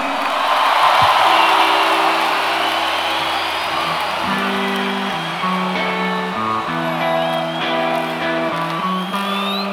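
A loud, steady wash of concert crowd applause and cheering with scattered whoops, welcoming a performer, joined about halfway through by sustained musical chords that shift pitch beneath the clapping.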